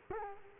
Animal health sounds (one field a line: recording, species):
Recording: mosquito wingbeat signal from an infrared sensor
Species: Culex quinquefasciatus